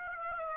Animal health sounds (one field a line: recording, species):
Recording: mosquito wingbeat signal from an infrared sensor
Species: Aedes aegypti